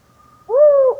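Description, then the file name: Hume's owl giving a single low, smooth hoot, steady in pitch and held for about half a second, after a brief faint tone beforehand. Male giving compound hooting during a lunar eclipse. "Humes Owl Compound Hooting Of Male During Lunar Eclipse"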